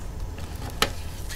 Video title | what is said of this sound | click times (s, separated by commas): HP Z220 Workstation Memory Spec Overview & Upgrade Tips - How to Properly Configure the System | you're going to notice when you put this in there's a nice little click | 0.8 s